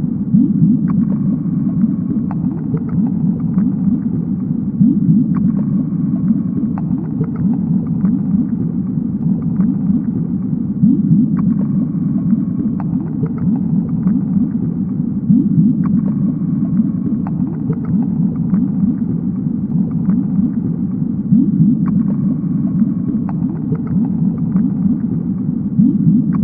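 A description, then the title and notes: Underwater ambience: a steady, dense low rumble fills the whole stretch, centered in the deep and lower-middle range with nothing bright above. Faint short clicks and taps recur every second or two on top, quiet, while the overall level stays constant throughout. Immersive Underwater Ambiance. Subaquatic Noises.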